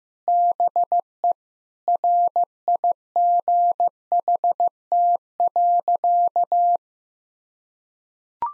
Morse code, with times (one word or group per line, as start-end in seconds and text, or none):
0.3-1.3 BE
1.9-6.8 RIGHT.